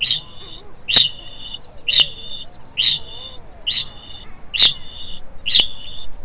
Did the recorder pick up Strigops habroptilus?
yes